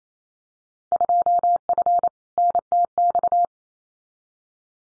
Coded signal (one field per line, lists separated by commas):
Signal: Morse code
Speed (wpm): 28 wpm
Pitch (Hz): 700 Hz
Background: none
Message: 2F NTX